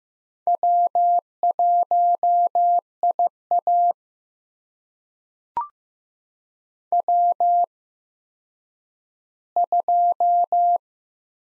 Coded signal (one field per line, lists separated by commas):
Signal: Morse code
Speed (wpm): 15 wpm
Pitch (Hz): 700 Hz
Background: none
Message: W1IA W2